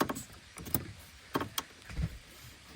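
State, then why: Seated. The quick-connect coupler on a refrigerant recharge hose is pressed onto the low-side A/C service port of a 2013–2019 Ford Escape. A sharp click at 0.8 s marks the coupler locking onto the port. Several other short clicks and knocks occur around it, at 0.0, 0.1, 0.6, 1.4 and 1.6 s, over low background noise, and the coupler is seated.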